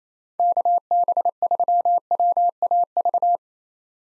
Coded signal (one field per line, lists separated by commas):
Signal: Morse code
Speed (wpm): 28 wpm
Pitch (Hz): 700 Hz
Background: none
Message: KB3WAV